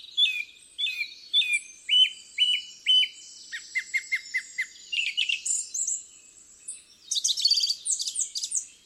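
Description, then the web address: Song thrush song: short clear whistled phrases each repeated about three times in quick succession, then a run of sharper repeated notes and higher twittering trills. "cianscape birddata Deverinetal 2025"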